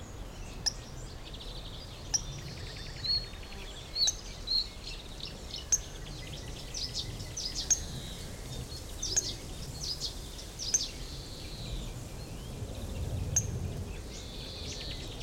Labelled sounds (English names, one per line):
Marsh Warbler